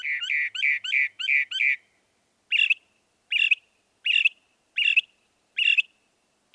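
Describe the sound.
Northern mockingbird song: six quick rich slurred notes in a row, followed by a slower series of spaced single harsh chirps.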